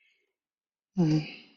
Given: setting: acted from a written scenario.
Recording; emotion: vocal sound without words; guilt